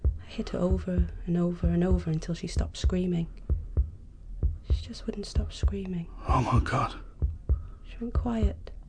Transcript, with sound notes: I hit her over and over and over until she stopped screaming. She just wouldn't stop screaming. (whispers) Oh my God.
(whispers) Oh my God.
She went quiet.